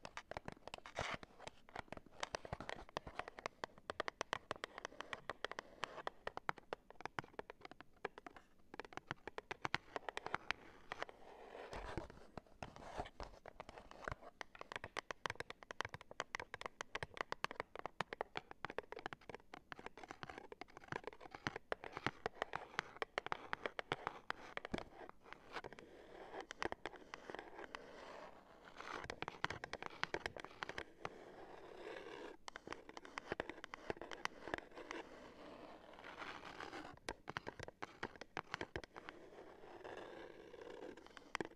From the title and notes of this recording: ASMR Cardboard Taps! (No Talking).